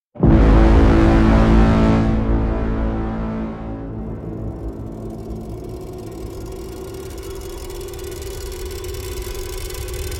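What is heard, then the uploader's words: Metallic, grainy crackling bursts in abruptly at full loudness, bright and dense for the first two seconds. It thins and dulls over the next couple of seconds, then settles into a steady, unstable rattling drone over a low rumble, with a faint high fizz on top. Bouncing metallic grains rising and accelerating, with a scarily unstable vibe. Complex Riser Crackling Acceleration.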